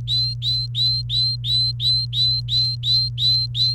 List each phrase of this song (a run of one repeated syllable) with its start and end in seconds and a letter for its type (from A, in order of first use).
0.00-3.74 A